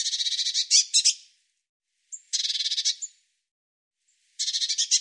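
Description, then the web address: Bird song: rapid buzzy trill ending in a few stuttered notes, then a brief chip and another pulsed trill, then a third trill after a pause. "Deverinetal"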